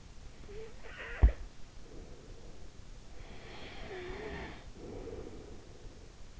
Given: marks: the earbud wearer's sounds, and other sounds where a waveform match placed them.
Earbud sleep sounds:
sounds in sleep by an in-ear microphone; snoring breath
0.15-2.70 s: snoring breath
3.56-5.67 s: snoring breath

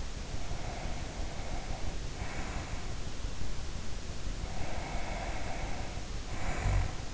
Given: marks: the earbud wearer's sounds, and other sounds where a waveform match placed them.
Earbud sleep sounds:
sounds in sleep by an in-ear microphone; breath, snoring breath
0.12-2.85 s: breath
4.28-7.14 s: snoring breath

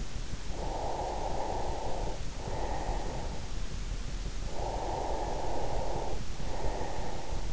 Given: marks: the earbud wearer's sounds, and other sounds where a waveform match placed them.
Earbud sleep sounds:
sounds in sleep by an in-ear microphone; breath
0.39-3.64 s: breath
4.55-7.53 s: breath

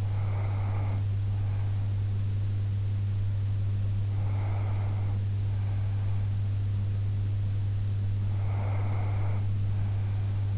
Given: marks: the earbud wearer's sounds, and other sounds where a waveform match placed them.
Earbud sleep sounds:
sounds in sleep by an in-ear microphone; breath
0.00-1.91 s: breath
4.05-6.28 s: breath
8.25-10.58 s: breath

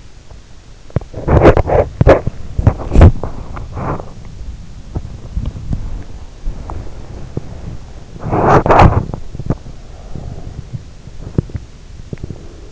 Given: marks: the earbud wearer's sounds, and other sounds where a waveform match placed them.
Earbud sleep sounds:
sounds in sleep by an in-ear microphone; body movement
0.78-12.72 s: body movement

